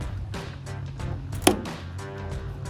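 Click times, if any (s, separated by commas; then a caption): 1.5 s. With its locking tab unlocked and pulled down, the blue LED tail light wiring connector on a 2019-2026 Sierra 1500 is pushed into its harness socket while someone talks. A sharp, bright click at 1.5 s shows the connector has seated.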